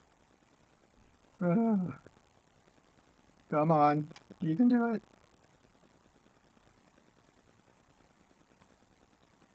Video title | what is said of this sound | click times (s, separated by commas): Join While I Work on my Lego Shopping Street | See, it looks like this is supposed to click in right there, but it's not clicking in. | none